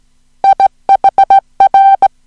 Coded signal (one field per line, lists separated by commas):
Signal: Morse code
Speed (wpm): 17 wpm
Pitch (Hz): 780 Hz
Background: music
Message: IHR